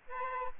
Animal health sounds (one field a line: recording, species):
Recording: mosquito wingbeat signal from an infrared sensor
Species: Aedes aegypti